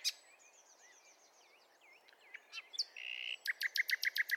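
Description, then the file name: Common nightingale singing: soft looping whistles, then a harsh buzzy note and a fast series of about eight loud clipped notes, with a faint hiss of background noise. "Luscinia megarhynchos"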